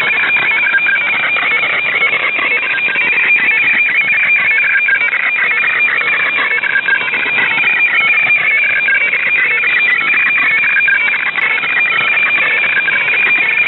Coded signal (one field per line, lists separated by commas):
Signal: weather fax (radiofax)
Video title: Joint Operational Meteorology & Oceanography Centre (JOMOC) weatherfax transmission - FAX 2618.5 kHz